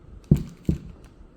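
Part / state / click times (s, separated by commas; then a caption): air suspension controller mounting plate into motorcycle frame / seated / 0.3 s. An air ride system's controller mounting plate is slid into a Harley-Davidson bagger's motorcycle frame during an American Suspension Ram Air Ride upgrade, sandwiching into the frame before its three bolts are fastened. A sharp click at 0.3 s marks the plate seating into place, followed by a second knock at 0.7 s and a faint tick near 1.1 s. The plate is seated in the frame.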